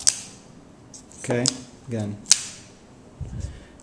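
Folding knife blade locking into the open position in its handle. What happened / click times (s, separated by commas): The folding blade snapped open and locked / 0.1 s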